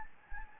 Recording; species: mosquito wingbeat signal from an infrared sensor; Anopheles gambiae